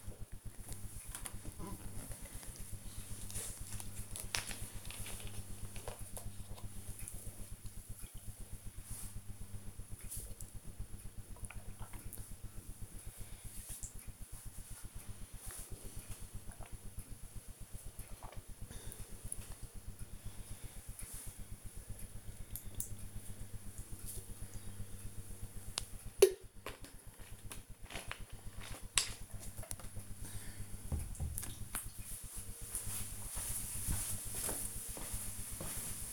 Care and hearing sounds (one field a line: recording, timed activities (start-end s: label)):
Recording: household activities, microphone on the right wrist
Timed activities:
0.87-29.03 s: drinking